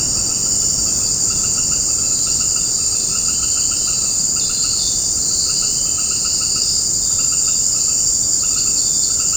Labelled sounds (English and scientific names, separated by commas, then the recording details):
none
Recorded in secondary vegetation near Puerto Asís, Putumayo, Colombia, on 9 March 2025 at 18:30
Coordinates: 0.481, -76.318
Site G097